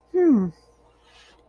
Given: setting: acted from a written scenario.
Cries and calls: vocal sound without words; confusion

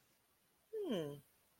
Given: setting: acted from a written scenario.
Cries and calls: vocal sound without words; interest

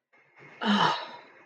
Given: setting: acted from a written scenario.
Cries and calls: vocal sound without words; contentment

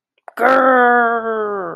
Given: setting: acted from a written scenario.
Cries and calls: vocal sound without words; anger

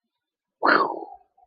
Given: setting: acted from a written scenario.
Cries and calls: vocal sound without words; relief

